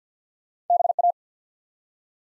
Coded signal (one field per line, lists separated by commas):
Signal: Morse code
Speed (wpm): 50 wpm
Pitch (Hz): 700 Hz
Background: none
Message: BA